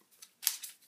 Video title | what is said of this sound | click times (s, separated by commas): Lightsaber batteries and VR to Alan | locks into place. There we go. | 0.5 s